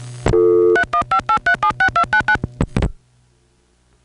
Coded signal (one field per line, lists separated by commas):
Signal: DTMF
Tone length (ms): 90 ms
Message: 3158376299